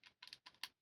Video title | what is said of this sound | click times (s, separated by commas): Shure SRH1540 Review | Nice reassuring click. | 0.6 s